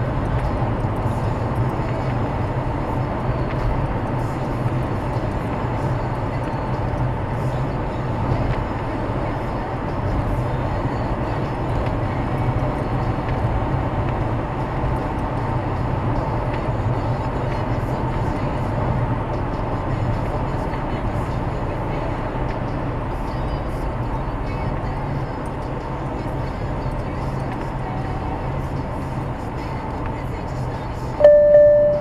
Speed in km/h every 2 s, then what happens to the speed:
112, 111, 109, 109, 110, 112, 112, 112, 112, 110, 107, 101, 98, 95, 89, 81.
0-19 steady at about 111. 19-32 slows to 81.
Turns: none.